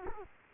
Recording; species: mosquito wingbeat signal from an infrared sensor; Culex quinquefasciatus